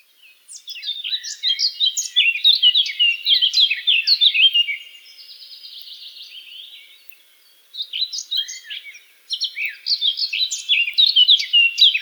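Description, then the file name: Eurasian blackcap song, fast varied warbling phrases, a softer chattering passage in the middle, then two more bright warbled bursts. "Sylvia atricapilla"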